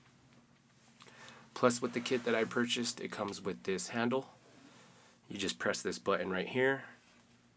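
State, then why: Not seated. A handle that came with a kit is being attached to a phone video rig case, with its button pressed as it is handled. Someone talks throughout, with a faint tap near 1.0 s. Nothing has seated or clicked yet.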